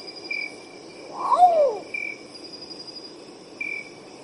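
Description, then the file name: Long-tailed potoo song: one short slurred whistle that arches up and falls away, over a steady high insect whine and brief chirps recurring every couple of seconds. "canto do urutau pardo"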